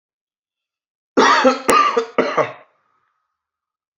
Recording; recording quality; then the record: heavy voluntary cough; excellent, no background noise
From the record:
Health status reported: healthy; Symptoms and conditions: none ticked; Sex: male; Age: 31 years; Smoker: yes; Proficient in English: yes